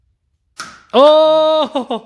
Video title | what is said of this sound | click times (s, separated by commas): Camaro SS gets a ProCharger installed (SOUNDS AMAZING!) | we heard the click yes wow | 0.6 s